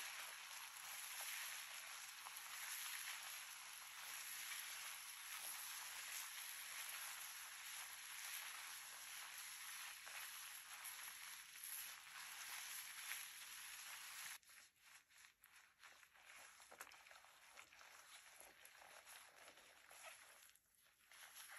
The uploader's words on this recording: Hair wash hair brushing scalp scratch head massage (no talking).